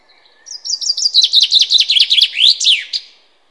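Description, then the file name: Common chaffinch song: a fast trill of sharp descending notes that speeds into a falling flourish, one phrase about two and a half seconds long. "Fringilla coelebs"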